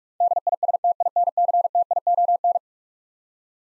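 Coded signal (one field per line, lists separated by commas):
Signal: Morse code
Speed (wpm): 42 wpm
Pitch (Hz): 700 Hz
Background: none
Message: DISTINCTION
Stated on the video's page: Head-copy drill of eleven-letter words sent at 45 wpm, each word sent, then spoken, then sent again.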